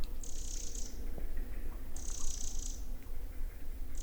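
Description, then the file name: Eurasian wren churring: two long high buzzy rattles of nearly a second each, a start of a third at the close, over background drone. "Troglodytes troglodytes"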